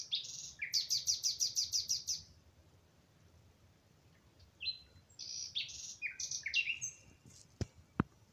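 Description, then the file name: Common nightingale song: a fast run of about ten identical sharp notes, then a pause and varied whistled and chattering phrases, ending with two sharp clicks. "Nachtigall Nightingale"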